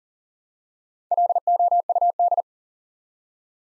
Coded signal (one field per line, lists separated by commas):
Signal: Morse code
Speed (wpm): 42 wpm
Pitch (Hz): 700 Hz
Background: none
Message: LOUD